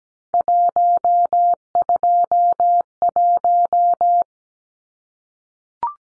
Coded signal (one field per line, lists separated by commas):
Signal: Morse code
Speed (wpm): 17 wpm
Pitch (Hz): 700 Hz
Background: none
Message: 121